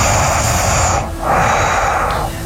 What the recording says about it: That's all nose. Some heavy nose breathing. Yeah, it's all nasal passage. I mean, that's like almost a vacuum cleaner. It's got like an echoey quality to it. It sounds like a CPAP machine. Maybe it's a deviated septum, possibly.